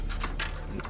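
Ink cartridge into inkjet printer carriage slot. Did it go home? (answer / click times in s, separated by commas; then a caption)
no / none. An ink cartridge is handled and slid up into its slot in the carriage of an HP OfficeJet Pro 8710 all-in-one inkjet printer, producing soft sliding and handling noise with a couple of brief ticks near 0.8 s. The cartridge has not seated or clicked into place yet.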